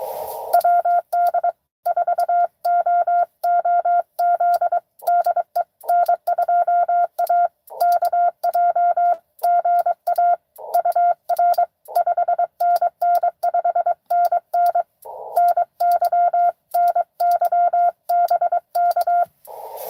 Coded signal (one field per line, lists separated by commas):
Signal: Morse code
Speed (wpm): 23 wpm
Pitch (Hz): 700 Hz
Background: radio noise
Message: WD4OOZ DE N2AKJ GA UR 5NN 5NN NY NY BK